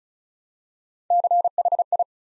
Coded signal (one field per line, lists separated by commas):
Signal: Morse code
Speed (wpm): 36 wpm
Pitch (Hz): 700 Hz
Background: none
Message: CHI